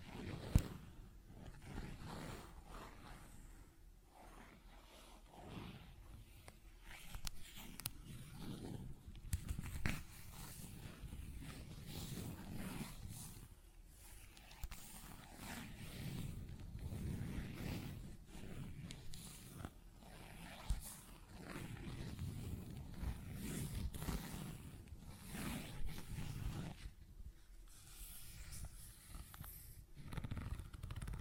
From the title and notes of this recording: ASMR Tapping, Scratching & Zipper Sounds (No Talking).